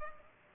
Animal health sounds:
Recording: mosquito wingbeat signal from an infrared sensor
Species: Culex pipiens

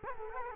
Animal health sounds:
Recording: mosquito wingbeat signal from an infrared sensor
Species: Culex quinquefasciatus

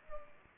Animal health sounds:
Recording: mosquito wingbeat signal from an infrared sensor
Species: Culex pipiens

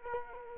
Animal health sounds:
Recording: mosquito wingbeat signal from an infrared sensor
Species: Culex quinquefasciatus

